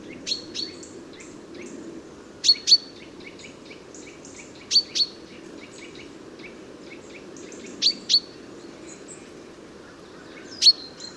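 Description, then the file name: Common chaffinch calls: sharp, high paired notes, each pair repeated every two to three seconds, over a steady low background hum. "Fringilla coelebs"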